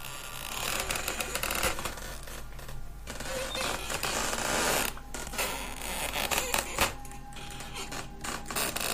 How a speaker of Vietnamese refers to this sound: Tiếng những thân tre cọ vào nhau cứ kẽo cả kẽo kẹt, nghe đến rợn cả người, cứ như là ai cầm cả một cái đoạn tre nó vặn vẹo vậy.